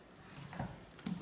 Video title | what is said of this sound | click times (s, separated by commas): Портативный пылесос ATWFS HAVC-228 сборка | Здесь вот так вот. О, щелк. Все. | 1.1 s